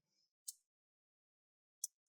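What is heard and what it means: A plastic back cover is pressed into place on a Nintendo Switch Lite HDH-001 handheld console frame after replacing the right joystick. After a faint rustle, two sharp, bright clicks are heard at 0.5 s and 1.8 s as the clips snap in. The cover is seated.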